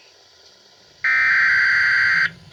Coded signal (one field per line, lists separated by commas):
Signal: Emergency Alert System (SAME) tones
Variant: header bursts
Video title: EAS #77 - 78 Severe Thunderstorm Warning